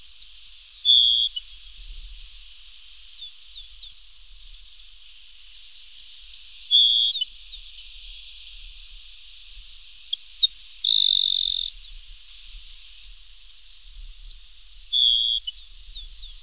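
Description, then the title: Grassland Sparrow giving short, thin high phrases every few seconds, each a brief bright buzzy note, over a steady high insect-like hiss. "LuckyPassaro Completos2Sama. Grassland Sparrow (Ammodramus humeralis)"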